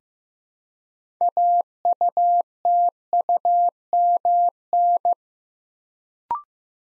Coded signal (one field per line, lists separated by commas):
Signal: Morse code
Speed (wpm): 15 wpm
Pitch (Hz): 700 Hz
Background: none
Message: AUTUMN